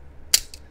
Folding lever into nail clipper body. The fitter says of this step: and then you uh it just snaps back into place